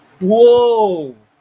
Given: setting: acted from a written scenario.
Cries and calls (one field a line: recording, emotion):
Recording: vocal sound without words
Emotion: realization